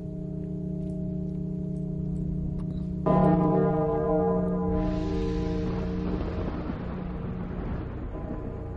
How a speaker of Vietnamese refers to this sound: Bất thình lình lúc đó, ở trong cổ thành bỗng nhiên vang lên một âm thanh vô cùng kỳ dị. Âm thanh như là tiếng chuông vang lên vọng ra xa, bay vút lên trên tầng không, bay đến cả vạn dặm quanh đây.